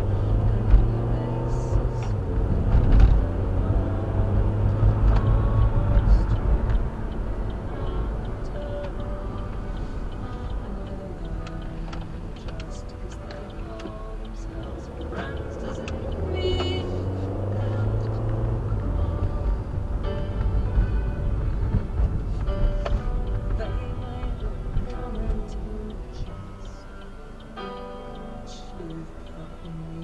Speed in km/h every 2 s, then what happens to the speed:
42, 47, 58, 63, 50, 23, 11, 19, 37, 45, 35, 21, 8, 0, 0.
0-5 speeds up to 63. 6-12 brakes to 11. 13-19 speeds up to 45. 19-25 brakes to 0. 25-30 standing.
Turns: 10-16.